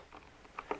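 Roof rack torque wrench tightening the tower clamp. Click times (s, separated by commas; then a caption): 0.4 s, 0.6 s, 0.7 s. A supplied torque wrench tightens the clip clamp on a Yakima Baseline roof rack tower until its clutch slips out at the setting. Three short clicks sound at about 0.5, 0.6 and 0.7 seconds, the last two sharper and louder, showing the clamp is perfectly tight.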